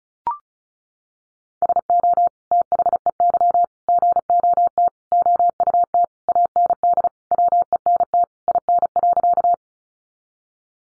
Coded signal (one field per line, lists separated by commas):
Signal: Morse code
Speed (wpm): 34 wpm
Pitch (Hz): 700 Hz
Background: none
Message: SO THEY GOT OUT AND WENT IN.